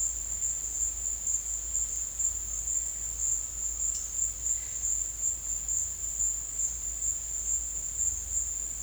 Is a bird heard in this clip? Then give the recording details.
no. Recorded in dense forest near Puerto Asís, Putumayo, Colombia, on 22 December 2024 at 13:00. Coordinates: 0.484, -76.325. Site G056